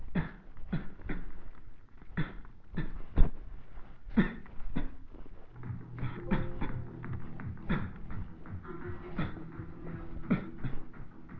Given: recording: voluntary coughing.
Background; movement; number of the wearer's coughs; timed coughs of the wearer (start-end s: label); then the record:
music; walking; 15
0.13-0.41 s: cough
0.70-0.97 s: cough
1.08-1.34 s: cough
2.15-2.48 s: cough
2.75-3.05 s: cough
3.16-3.43 s: cough
4.14-4.42 s: cough
4.74-5.00 s: cough
6.02-6.26 s: cough
6.26-6.58 s: cough
6.58-6.92 s: cough
7.67-8.10 s: cough
9.16-9.49 s: cough
10.28-10.62 s: cough
10.62-10.88 s: cough
From the record:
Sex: male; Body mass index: 23.7 kg/m2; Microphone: on the chest, facing the body